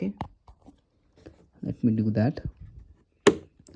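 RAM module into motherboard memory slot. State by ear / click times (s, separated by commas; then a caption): seated / 3.3 s. A RAM module is pressed with a little force into a motherboard DIMM memory slot while someone talks. At 3.3 seconds a single sharp click rings out as the retention latch snaps, and the module is seated.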